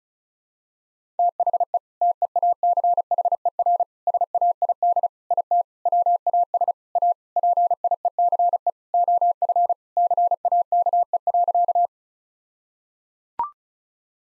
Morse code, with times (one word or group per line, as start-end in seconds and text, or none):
1.2-1.8 THE
2.0-3.8 TEACHER
4.1-5.1 SAID
5.3-5.6 IT
5.9-6.7 WAS
7.0-7.1 A
7.4-8.7 PIECE
8.9-9.7 OF
10.0-11.9 CAKE.